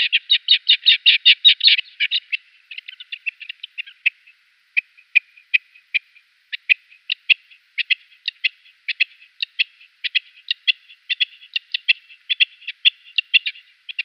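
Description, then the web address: Rock partridge display: a fast run of loud notes at first, then sparser notes at an uneven pace. Male bird giving a display call. "Schulze Peter Rock Partridge male display"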